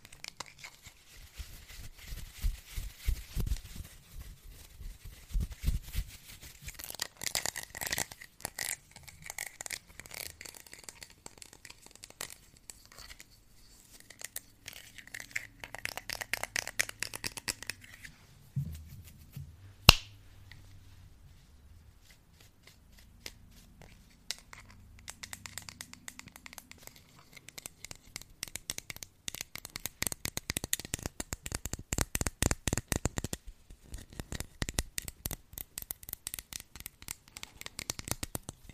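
Unintelligible whispering mixed with soft mouth sounds and quick, papery tapping, coming in dense bursts of clicks. Around the 19–20 second mark the tapping drops away, leaving low murmuring and one sharp tap, then the rapid clicking returns strongly from about 29 seconds.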